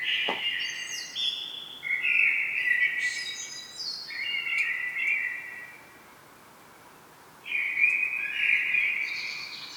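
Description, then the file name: Common blackbird song with a sharp opening note, then several mellow warbles and squeaky high flourishes, a pause, and another fluty phrase. "Turdus merula"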